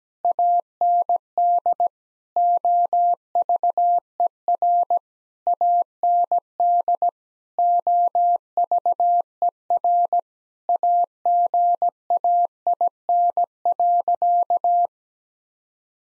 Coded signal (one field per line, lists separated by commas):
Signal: Morse code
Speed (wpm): 17 wpm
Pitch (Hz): 700 Hz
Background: none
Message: AND OVER AND OVER AGAIN.